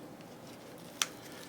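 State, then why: Seated. A retention strap's snap button is fastened over the handle of a Cold Steel GI Tanto knife in its kydex sheath, holding the knife so it won't fall out even when running. Over a quiet background, one sharp, bright snap sounds at 1.0 s as the strap snaps into place, and the snap is seated.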